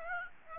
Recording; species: mosquito wingbeat signal from an infrared sensor; Aedes aegypti